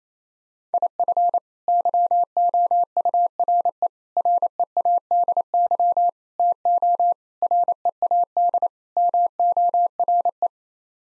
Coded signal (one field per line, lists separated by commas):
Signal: Morse code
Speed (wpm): 28 wpm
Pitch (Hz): 700 Hz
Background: none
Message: IF YOURE READY TO READ MORE